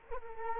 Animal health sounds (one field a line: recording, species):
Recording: mosquito wingbeat signal from an infrared sensor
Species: Culex quinquefasciatus